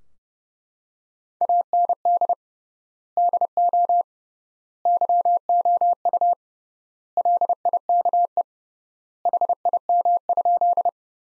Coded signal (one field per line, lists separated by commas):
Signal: Morse code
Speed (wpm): 32 wpm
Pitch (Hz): 700 Hz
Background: none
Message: AND DO YOU LIKE HIM?